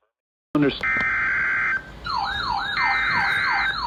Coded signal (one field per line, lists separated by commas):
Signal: Emergency Alert System (SAME) tones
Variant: header bursts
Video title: MULTIPLE DAY ALERTS 1 | EAS Alerts from 8/16/24 - 8/18/24